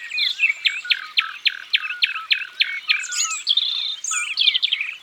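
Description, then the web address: Common nightingale song built on a fast run of loud, evenly spaced notes, which breaks into a jumble of quick varied whistles and trills. "Rossignol philomele. abc de la nature"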